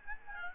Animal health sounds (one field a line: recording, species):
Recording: mosquito wingbeat signal from an infrared sensor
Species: Aedes albopictus